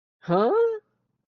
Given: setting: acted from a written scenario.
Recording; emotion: vocal sound without words; confusion